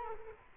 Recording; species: mosquito wingbeat signal from an infrared sensor; Culex quinquefasciatus